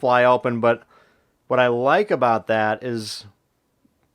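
A Milwaukee compact folding knife with a 2.5 in. blade is being handled as its blade is about to be folded shut into its handle's closed detent. Someone talks throughout, followed by near silence with a faint tick near the end. The blade has not yet clicked closed or seated in its detent.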